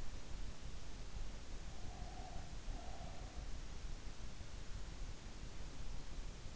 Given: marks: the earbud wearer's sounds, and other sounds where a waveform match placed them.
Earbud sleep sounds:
sounds in sleep by an in-ear microphone; breath
1.51-3.53 s: breath

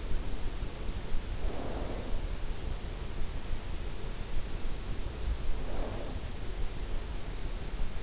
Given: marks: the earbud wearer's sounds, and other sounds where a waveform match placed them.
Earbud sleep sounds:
sounds in sleep by an in-ear microphone; snoring breath
1.09-2.15 s: snoring breath
5.47-6.30 s: snoring breath

